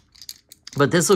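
A plastic arm or side piece is pushed back into the body of a die-cast 2023 Matchbox Working Rigs toy truck, giving several short plastic ticks. It snaps into place with a click at 0.3 s, and then someone talks.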